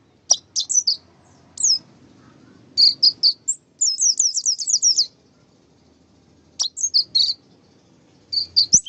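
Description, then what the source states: White-eye song: short, high, sharp chirps and quick twittered phrases in bursts separated by brief pauses, with a faint low hum underneath. Masteran (tutor recording) of a pleci, played so the bird quickly opens its beak and starts singing.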